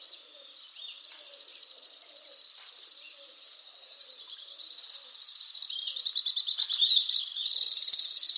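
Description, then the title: Alpine swift calls: faint high chatter at first, then trills building louder toward the end. "Le chant du martinet à ventre blanc"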